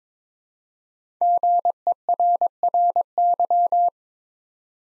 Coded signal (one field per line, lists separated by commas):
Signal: Morse code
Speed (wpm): 22 wpm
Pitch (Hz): 700 Hz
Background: none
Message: GERRY